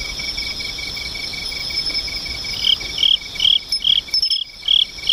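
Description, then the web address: Insects: a constant shrill buzz and fast ticking trill, joined halfway through by loud chirps repeated about twice a second. "cats nishikawa 201110 mushinokoi"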